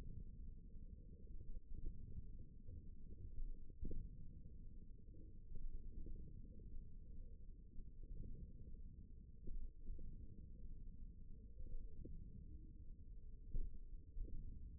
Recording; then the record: forearm muscle sounds (acoustic myography)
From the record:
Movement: hand opening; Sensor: system 1, eight BSWA MPA416 microphones around the upper forearm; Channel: 4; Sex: male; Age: 54 years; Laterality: right